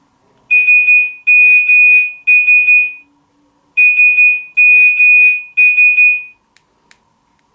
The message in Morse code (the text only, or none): SMS SMS